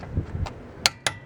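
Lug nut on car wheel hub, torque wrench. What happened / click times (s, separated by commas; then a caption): The torque wrench clicked, showing the lug nut reached its set torque / 0.9 s, 1.1 s. A click-type torque wrench tightens the next lug nut on the wheel hub of a 2003 RSX during a brake job. A few soft low thuds come first, then a loud, sharp double click at 0.9 s and 1.1 s as the wrench reaches its setting. The lug nut is confirmed torqued.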